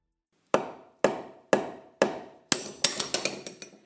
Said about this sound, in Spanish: ¿Les ha pasado que han tenido que arreglar algún mueble o solucionar cualquier tipo de problema doméstico que requiere del uso de un martillo y ¡paf! Se les separa la cabeza del mango.